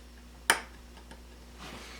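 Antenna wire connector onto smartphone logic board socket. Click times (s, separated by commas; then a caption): 0.5 s. An antenna wire's press-fit connector on an iPhone 6 is pushed onto its socket on the phone's logic board during a microphone replacement. A single loud, sharp snap comes at 0.5 s, followed by a faint tick at about 1.1 s and quiet handling noise. The connector is seated.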